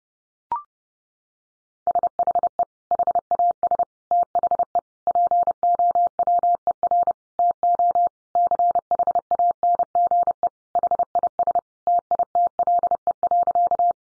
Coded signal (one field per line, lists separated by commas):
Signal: Morse code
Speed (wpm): 30 wpm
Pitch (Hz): 700 Hz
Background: none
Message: SHE HAS THE POWER TO CHANGE HIS TITLE.